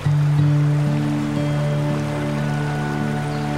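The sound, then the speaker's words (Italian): A stream of icy water where horses drink flows steadily in an unbroken, hissing wash, joined by a low sustained droning tone that holds throughout, with no voices present. “I cavalli andarono ad abbeverarsi e Jack smontò, raccolse l'acqua gelata nelle mani, gocce cristalline a grondare dalle dita”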